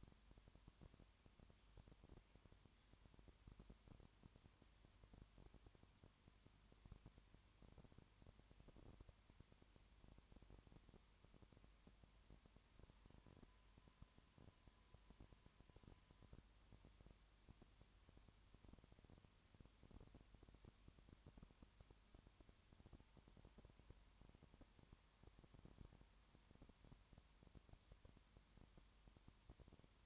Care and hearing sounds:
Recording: daily activity, microphone in the room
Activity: no activity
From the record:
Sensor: 3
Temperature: 20.5 degrees Celsius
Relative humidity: 34.6%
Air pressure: 1001.1 hPa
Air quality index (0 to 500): 195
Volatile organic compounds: 6 ppm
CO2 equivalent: 1857 ppm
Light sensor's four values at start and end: 2/3/2/2 and 2/3/2/2

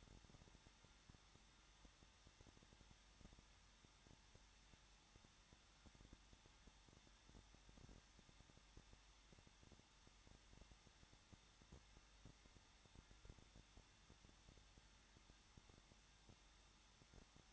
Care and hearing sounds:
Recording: daily activity, microphone in the room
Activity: no activity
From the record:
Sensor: 3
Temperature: 21.2 degrees Celsius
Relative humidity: 36.4%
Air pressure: 1006.4 hPa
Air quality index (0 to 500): 223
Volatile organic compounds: 43 ppm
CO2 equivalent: 3191 ppm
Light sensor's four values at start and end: 2/3/2/2 and 2/3/2/2

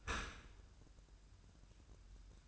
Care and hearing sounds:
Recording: daily activity, microphone in the room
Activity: open dishwasher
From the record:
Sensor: 2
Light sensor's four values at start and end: 120/286/121/124 and 121/289/122/125

